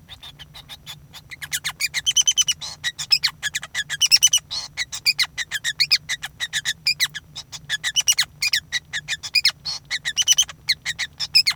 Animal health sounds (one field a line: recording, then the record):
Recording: song of a male Bengalese finch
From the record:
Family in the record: son of father 5